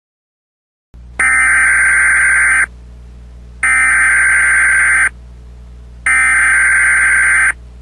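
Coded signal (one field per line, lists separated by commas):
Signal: Emergency Alert System (SAME) tones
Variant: header bursts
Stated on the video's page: Fictional EAS scenario in analog horror style, not a real alert.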